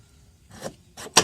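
The rear push tab on a Viar New Q1 electric scooter, a 2023 model, is pressed to release the latched part, which comes out easily. Two brief scraping, rustling bursts come at about 0.6 and 1.0 seconds. They are followed by a sharp, loud click at 1.2 seconds as the push-tab latch releases.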